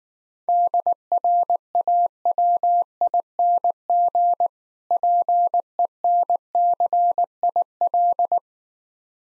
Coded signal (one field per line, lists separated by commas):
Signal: Morse code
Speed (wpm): 19 wpm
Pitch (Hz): 700 Hz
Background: none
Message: DRAWING PENCIL